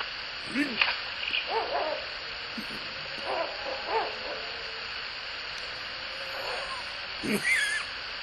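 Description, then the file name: Ural owl calls: low hoarse hoots and barking notes in bursts through the first four seconds, then a harsher rising call near the end, over a constant hiss. Male and female together, 8 May 2022, 18:23 in the evening. "フクロウ♂♀ 2205081823 少年の森"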